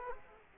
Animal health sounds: mosquito wingbeat signal from an infrared sensor; Culex quinquefasciatus

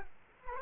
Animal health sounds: mosquito wingbeat signal from an infrared sensor; Culex quinquefasciatus

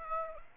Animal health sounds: mosquito wingbeat signal from an infrared sensor; Aedes aegypti

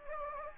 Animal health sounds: mosquito wingbeat signal from an infrared sensor; Anopheles gambiae

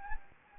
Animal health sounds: mosquito wingbeat signal from an infrared sensor; Anopheles gambiae

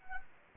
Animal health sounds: mosquito wingbeat signal from an infrared sensor; Anopheles arabiensis

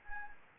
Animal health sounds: mosquito wingbeat signal from an infrared sensor; Anopheles gambiae

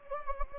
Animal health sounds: mosquito wingbeat signal from an infrared sensor; Anopheles gambiae

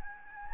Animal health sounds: mosquito wingbeat signal from an infrared sensor; Anopheles gambiae

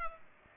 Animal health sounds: mosquito wingbeat signal from an infrared sensor; Culex pipiens

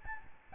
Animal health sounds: mosquito wingbeat signal from an infrared sensor; Aedes albopictus

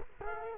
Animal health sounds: mosquito wingbeat signal from an infrared sensor; Culex quinquefasciatus

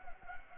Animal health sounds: mosquito wingbeat signal from an infrared sensor; Anopheles gambiae

